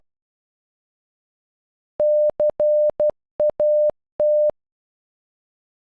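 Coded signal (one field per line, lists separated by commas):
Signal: Morse code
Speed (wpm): 12 wpm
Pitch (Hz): 600 Hz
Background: none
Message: CAT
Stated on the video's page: Morse code for "Cat", generated by an online text-to-Morse converter with audio playback.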